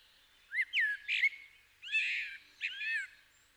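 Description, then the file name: Common blackbird song: a few mellow, slurred whistled notes, a sustained warbling note, then a descending fluty phrase. "Turdus merula"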